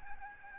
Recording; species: mosquito wingbeat signal from an infrared sensor; Aedes albopictus